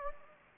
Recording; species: mosquito wingbeat signal from an infrared sensor; Anopheles gambiae